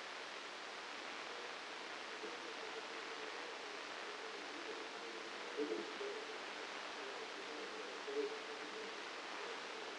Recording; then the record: brain microelectrode recording played as sound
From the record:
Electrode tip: outside the subthalamic nucleus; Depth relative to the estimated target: 3 mm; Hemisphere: left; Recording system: NeuroSet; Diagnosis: Parkinson's disease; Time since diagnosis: 9 years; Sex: male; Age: 56 years